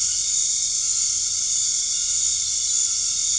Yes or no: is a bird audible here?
no